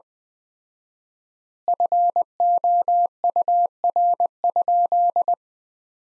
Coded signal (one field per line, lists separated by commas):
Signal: Morse code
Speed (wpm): 20 wpm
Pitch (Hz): 700 Hz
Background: none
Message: FOUR?